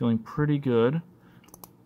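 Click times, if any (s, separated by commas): 1.5 s, 1.6 s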